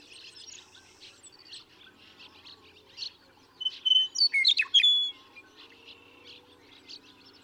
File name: Western Meadowlark